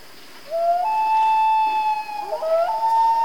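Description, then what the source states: Common loon wail, a clear tone that rises and holds steady, then a second, lower rising note joins briefly before the high tone returns. Family group of loons, described as Canadian.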